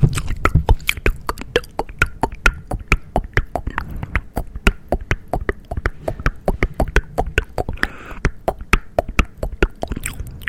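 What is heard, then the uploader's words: Fast, dense wet and dry mouth sounds click and smack many times per second, with a low rumble beneath. WetDry Mouth Sounds.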